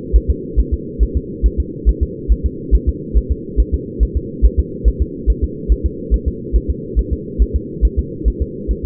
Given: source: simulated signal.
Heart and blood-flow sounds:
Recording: fetal heart sounds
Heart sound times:
0.16 s: S1
0.30 s: S2
0.59 s: S1
0.74 s: S2
1.03 s: S1
1.17 s: S2
1.46 s: S1
1.60 s: S2
1.89 s: S1
2.03 s: S2
2.32 s: S1
2.46 s: S2
2.75 s: S1
2.89 s: S2
3.17 s: S1
3.31 s: S2
3.60 s: S1
3.74 s: S2
4.03 s: S1
4.17 s: S2
4.45 s: S1
4.59 s: S2
4.88 s: S1
5.02 s: S2
5.30 s: S1
5.44 s: S2
5.72 s: S1
5.86 s: S2
6.14 s: S1
6.28 s: S2
6.56 s: S1
6.70 s: S2
6.99 s: S1
7.13 s: S2
7.42 s: S1
7.56 s: S2
7.85 s: S1
7.99 s: S2
8.28 s: S1
8.42 s: S2
8.71 s: S1
8.85 s: S2
From the record:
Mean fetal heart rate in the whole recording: 140 bpm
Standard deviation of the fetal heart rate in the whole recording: 2 bpm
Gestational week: 34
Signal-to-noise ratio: -4.1 dB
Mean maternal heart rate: no maternal heart sound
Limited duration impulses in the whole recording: absent

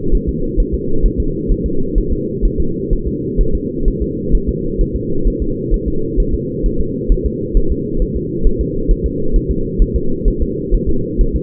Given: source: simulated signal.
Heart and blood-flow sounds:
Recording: fetal heart sounds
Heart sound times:
0.15 s: S1
0.29 s: S2
0.60 s: S1
0.74 s: S2
1.05 s: S1
1.20 s: S2
1.52 s: S1
1.66 s: S2
1.98 s: S1
2.13 s: S2
2.45 s: S1
2.60 s: S2
2.93 s: S1
3.08 s: S2
3.41 s: S1
3.55 s: S2
3.88 s: S1
4.02 s: S2
4.35 s: S1
4.49 s: S2
4.81 s: S1
4.96 s: S2
5.27 s: S1
5.42 s: S2
5.74 s: S1
5.88 s: S2
6.20 s: S1
6.34 s: S2
6.66 s: S1
6.80 s: S2
7.12 s: S1
7.26 s: S2
7.57 s: S1
7.72 s: S2
8.02 s: S1
8.16 s: S2
8.47 s: S1
8.61 s: S2
8.91 s: S1
9.06 s: S2
9.36 s: S1
9.51 s: S2
9.82 s: S1
9.96 s: S2
10.28 s: S1
10.42 s: S2
10.74 s: S1
10.89 s: S2
11.21 s: S1
11.36 s: S2
From the record:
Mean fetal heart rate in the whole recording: 130 bpm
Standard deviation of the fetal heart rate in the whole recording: 2 bpm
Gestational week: 38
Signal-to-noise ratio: -8.1 dB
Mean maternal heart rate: 72 bpm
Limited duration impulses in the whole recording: absent

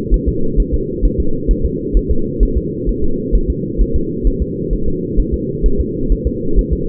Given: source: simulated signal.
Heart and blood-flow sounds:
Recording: fetal heart sounds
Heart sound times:
0.14 s: S1
0.29 s: S2
0.60 s: S1
0.74 s: S2
1.05 s: S1
1.20 s: S2
1.51 s: S1
1.66 s: S2
1.97 s: S1
2.11 s: S2
2.43 s: S1
2.58 s: S2
2.89 s: S1
3.04 s: S2
3.35 s: S1
3.50 s: S2
3.81 s: S1
3.96 s: S2
4.27 s: S1
4.42 s: S2
4.73 s: S1
4.88 s: S2
5.20 s: S1
5.34 s: S2
5.66 s: S1
5.81 s: S2
6.12 s: S1
6.27 s: S2
6.59 s: S1
6.73 s: S2
From the record:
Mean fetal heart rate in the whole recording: 130 bpm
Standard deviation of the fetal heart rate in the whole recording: 2 bpm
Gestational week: 36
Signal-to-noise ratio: -8.1 dB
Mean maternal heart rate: 72 bpm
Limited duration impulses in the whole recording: absent

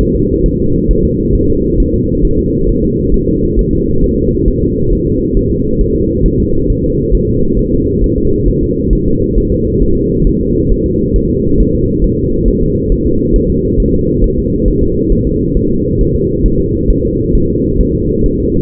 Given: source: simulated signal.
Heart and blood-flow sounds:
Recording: fetal heart sounds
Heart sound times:
0.01 s: S1
0.16 s: S2
0.46 s: S1
0.60 s: S2
0.91 s: S1
1.05 s: S2
1.35 s: S1
1.50 s: S2
1.80 s: S1
1.94 s: S2
2.25 s: S1
2.39 s: S2
2.69 s: S1
2.84 s: S2
3.14 s: S1
3.28 s: S2
3.59 s: S1
3.73 s: S2
4.03 s: S1
4.18 s: S2
4.48 s: S1
4.62 s: S2
4.93 s: S1
5.07 s: S2
5.37 s: S1
5.51 s: S2
5.81 s: S1
5.96 s: S2
6.26 s: S1
6.40 s: S2
6.70 s: S1
6.84 s: S2
7.14 s: S1
7.29 s: S2
7.59 s: S1
7.73 s: S2
8.04 s: S1
8.18 s: S2
8.48 s: S1
8.63 s: S2
8.93 s: S1
9.07 s: S2
9.38 s: S1
9.52 s: S2
9.82 s: S1
9.97 s: S2
10.27 s: S1
10.41 s: S2
10.72 s: S1
10.86 s: S2
11.16 s: S1
11.30 s: S2
11.60 s: S1
11.75 s: S2
12.04 s: S1
12.19 s: S2
12.48 s: S1
12.63 s: S2
12.92 s: S1
13.06 s: S2
13.36 s: S1
13.50 s: S2
13.80 s: S1
13.94 s: S2
14.24 s: S1
14.38 s: S2
14.68 s: S1
14.83 s: S2
15.12 s: S1
15.27 s: S2
15.57 s: S1
15.71 s: S2
16.01 s: S1
16.15 s: S2
16.46 s: S1
16.60 s: S2
16.90 s: S1
17.05 s: S2
17.35 s: S1
17.50 s: S2
17.81 s: S1
17.95 s: S2
18.26 s: S1
18.40 s: S2
From the record:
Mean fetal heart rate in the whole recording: 135 bpm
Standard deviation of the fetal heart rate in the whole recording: 3 bpm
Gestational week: 36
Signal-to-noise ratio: -15.3 dB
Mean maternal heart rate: 72 bpm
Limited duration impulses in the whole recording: present

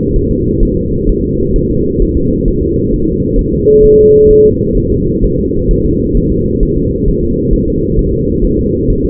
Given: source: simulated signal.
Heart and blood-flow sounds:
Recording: fetal heart sounds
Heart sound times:
0.16 s: S1
0.31 s: S2
0.63 s: S1
0.77 s: S2
1.09 s: S1
1.24 s: S2
1.56 s: S1
1.71 s: S2
2.02 s: S1
2.17 s: S2
2.48 s: S1
2.62 s: S2
2.93 s: S1
3.08 s: S2
3.39 s: S1
3.53 s: S2
3.84 s: S1
3.99 s: S2
4.31 s: S1
4.45 s: S2
4.77 s: S1
4.92 s: S2
5.24 s: S1
5.39 s: S2
5.71 s: S1
5.86 s: S2
6.17 s: S1
6.32 s: S2
6.63 s: S1
6.77 s: S2
7.08 s: S1
7.23 s: S2
7.54 s: S1
7.68 s: S2
7.99 s: S1
8.14 s: S2
8.45 s: S1
8.59 s: S2
8.90 s: S1
9.05 s: S2
From the record:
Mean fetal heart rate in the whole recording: 130 bpm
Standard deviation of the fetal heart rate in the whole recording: 4 bpm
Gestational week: 38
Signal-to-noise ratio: -10.2 dB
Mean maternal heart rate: 72 bpm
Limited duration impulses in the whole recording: present

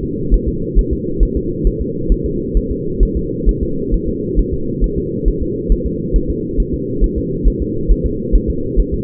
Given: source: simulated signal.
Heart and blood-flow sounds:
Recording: fetal heart sounds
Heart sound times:
0.04 s: S2
0.34 s: S1
0.48 s: S2
0.79 s: S1
0.93 s: S2
1.23 s: S1
1.37 s: S2
1.67 s: S1
1.81 s: S2
2.12 s: S1
2.26 s: S2
2.57 s: S1
2.71 s: S2
3.03 s: S1
3.17 s: S2
3.49 s: S1
3.63 s: S2
3.94 s: S1
4.09 s: S2
4.39 s: S1
4.54 s: S2
4.84 s: S1
4.98 s: S2
5.28 s: S1
5.42 s: S2
5.72 s: S1
5.86 s: S2
6.16 s: S1
6.30 s: S2
6.60 s: S1
6.74 s: S2
7.04 s: S1
7.18 s: S2
7.48 s: S1
7.62 s: S2
7.91 s: S1
8.06 s: S2
8.35 s: S1
8.50 s: S2
8.80 s: S1
8.94 s: S2
From the record:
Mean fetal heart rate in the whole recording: 135 bpm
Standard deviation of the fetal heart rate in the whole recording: 3 bpm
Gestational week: 36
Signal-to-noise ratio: -6.6 dB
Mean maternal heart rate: 72 bpm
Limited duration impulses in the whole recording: present

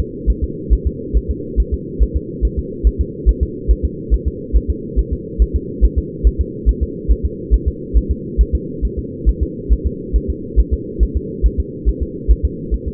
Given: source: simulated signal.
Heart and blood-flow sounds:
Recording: fetal heart sounds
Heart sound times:
0.00 s: S2
0.30 s: S1
0.44 s: S2
0.73 s: S1
0.87 s: S2
1.17 s: S1
1.31 s: S2
1.60 s: S1
1.74 s: S2
2.03 s: S1
2.16 s: S2
2.45 s: S1
2.59 s: S2
2.87 s: S1
3.01 s: S2
3.29 s: S1
3.43 s: S2
3.71 s: S1
3.85 s: S2
4.14 s: S1
4.28 s: S2
4.56 s: S1
4.70 s: S2
4.99 s: S1
5.13 s: S2
5.42 s: S1
5.56 s: S2
5.84 s: S1
5.98 s: S2
6.27 s: S1
6.41 s: S2
6.69 s: S1
6.83 s: S2
7.11 s: S1
7.25 s: S2
7.54 s: S1
7.68 s: S2
7.97 s: S1
8.11 s: S2
8.41 s: S1
8.55 s: S2
8.85 s: S1
8.99 s: S2
9.29 s: S1
9.43 s: S2
9.73 s: S1
9.86 s: S2
10.16 s: S1
10.30 s: S2
10.60 s: S1
10.73 s: S2
11.03 s: S1
11.17 s: S2
11.46 s: S1
11.60 s: S2
11.89 s: S1
12.03 s: S2
12.31 s: S1
12.45 s: S2
12.74 s: S1
12.88 s: S2
From the record:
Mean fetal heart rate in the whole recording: 140 bpm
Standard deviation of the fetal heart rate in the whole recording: 2 bpm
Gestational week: 34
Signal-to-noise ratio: -4.1 dB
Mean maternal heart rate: no maternal heart sound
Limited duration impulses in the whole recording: absent

